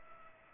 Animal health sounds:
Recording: mosquito wingbeat signal from an infrared sensor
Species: Culex pipiens

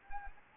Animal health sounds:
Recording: mosquito wingbeat signal from an infrared sensor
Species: Anopheles arabiensis

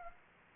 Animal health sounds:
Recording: mosquito wingbeat signal from an infrared sensor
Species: Aedes aegypti

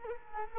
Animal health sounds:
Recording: mosquito wingbeat signal from an infrared sensor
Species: Culex quinquefasciatus

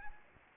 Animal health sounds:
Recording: mosquito wingbeat signal from an infrared sensor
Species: Anopheles arabiensis

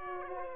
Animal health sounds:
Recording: mosquito wingbeat signal from an infrared sensor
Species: Aedes aegypti

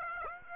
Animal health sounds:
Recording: mosquito wingbeat signal from an infrared sensor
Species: Aedes aegypti

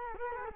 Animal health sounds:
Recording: mosquito wingbeat signal from an infrared sensor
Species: Culex quinquefasciatus

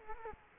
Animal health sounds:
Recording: mosquito wingbeat signal from an infrared sensor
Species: Culex quinquefasciatus

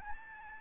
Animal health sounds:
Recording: mosquito wingbeat signal from an infrared sensor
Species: Aedes albopictus

